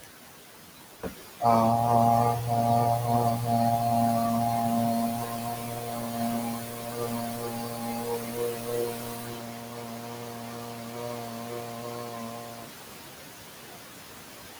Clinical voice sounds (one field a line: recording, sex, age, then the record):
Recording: vowel held as long as possible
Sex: male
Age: 40 to 49 years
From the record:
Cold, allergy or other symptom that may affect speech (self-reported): no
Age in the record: 49 years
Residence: Texas, United States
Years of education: 16